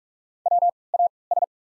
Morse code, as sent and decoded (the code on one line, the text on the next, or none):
.-- / .- / ...
W A S